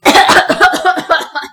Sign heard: Real Choking Cough.